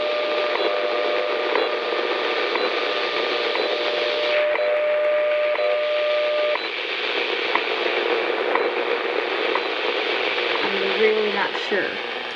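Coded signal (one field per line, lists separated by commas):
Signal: radio time signal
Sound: steady low tone in hiss, briefly interrupted once a second, ending after about six seconds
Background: radio static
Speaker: not sure if it's rwm russia or if it's a co2 uh i'm really not sure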